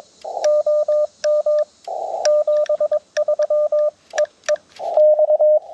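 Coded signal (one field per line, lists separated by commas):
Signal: Morse code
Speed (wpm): 22 wpm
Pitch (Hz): 590 Hz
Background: radio noise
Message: OM 73 EE X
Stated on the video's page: POTA CW activation with Yaesu FT-891, ATAS-120A antenna and pocket paddles, working DX on 10m and 17m.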